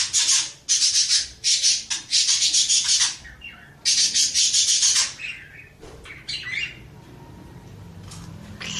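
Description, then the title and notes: Oriental magpie-robin singing loud rasping, buzzy phrases repeated in rapid runs, ending with a few softer sweeping notes and then quiet. Champion oriental magpie-robin singing in lively, energetic 'gacor' style; a selected master recording for training other birds. "Kacer Juara Gacor. Kumpulan Suara Burung Masteran Pilihan"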